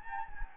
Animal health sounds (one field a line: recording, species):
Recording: mosquito wingbeat signal from an infrared sensor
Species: Anopheles gambiae